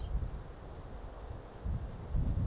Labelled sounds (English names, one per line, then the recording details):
Eurasian Blackcap
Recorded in Germany
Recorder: ecoPi